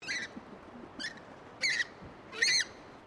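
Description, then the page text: Dusky moorhen squabbling, four harsh, grating squawks, the last two loudest. Squabbling, Australia. "Bird Dusky Moorhen Squabbling. Australian Birds"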